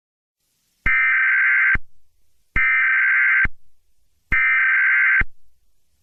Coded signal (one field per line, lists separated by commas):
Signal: Emergency Alert System (SAME) tones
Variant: header bursts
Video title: EAS Scenario Special: Qubo (REIMAGINED AND REMASTERED)